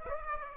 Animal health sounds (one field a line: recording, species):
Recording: mosquito wingbeat signal from an infrared sensor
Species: Aedes aegypti